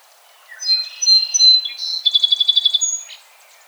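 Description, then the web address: Song sparrow song: a few clear whistled introductory notes, then a buzzy note and a fast rattling trill, ending in a high thin whistle and a short burr. 17 June 2007. "Song Sparrow 2007 06 17"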